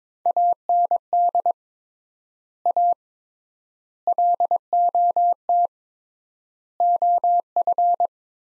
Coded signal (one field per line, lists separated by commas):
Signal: Morse code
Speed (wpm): 21 wpm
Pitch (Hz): 700 Hz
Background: none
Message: AND A LOT OF